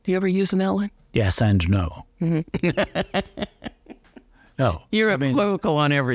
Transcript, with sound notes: Do you ever use an outline?
Yes and no.
(Laughs) You’re equivocal on everything.